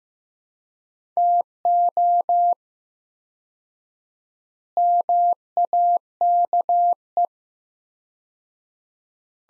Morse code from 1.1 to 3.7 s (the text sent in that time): TO